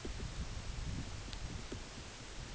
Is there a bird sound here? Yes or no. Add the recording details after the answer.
no. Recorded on Arctic tundra, site UTQI-8, on 14 June 2019. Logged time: 10:00